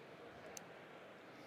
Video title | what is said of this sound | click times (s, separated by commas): NAB 2026: Q5X [LIVE] | is a very satisfying click. | 0.6 s